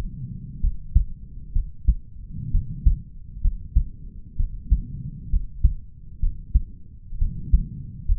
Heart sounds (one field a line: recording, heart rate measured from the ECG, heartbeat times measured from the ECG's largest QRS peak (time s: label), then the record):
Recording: heart sounds by stethoscope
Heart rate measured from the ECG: 64 bpm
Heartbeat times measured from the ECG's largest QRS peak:
0.61 s: heartbeat
1.53 s: heartbeat
2.51 s: heartbeat
3.41 s: heartbeat
4.37 s: heartbeat
5.30 s: heartbeat
6.20 s: heartbeat
7.18 s: heartbeat
8.05 s: heartbeat
From the record:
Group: healthy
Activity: rest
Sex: male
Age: 20 years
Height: 187 cm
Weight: 68.9 kg